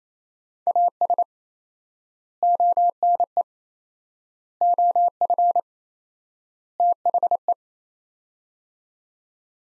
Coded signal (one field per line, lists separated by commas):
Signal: Morse code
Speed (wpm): 28 wpm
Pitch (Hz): 700 Hz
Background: none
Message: AS ONE OF THE